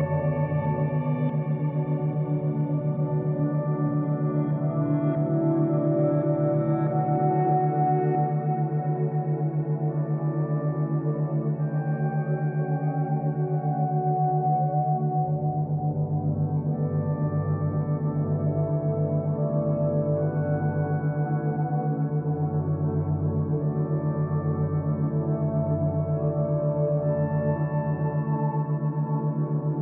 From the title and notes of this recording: Alpha State Binaural Beats Sound - Meditative Ambient Soundscape Binaural Beats.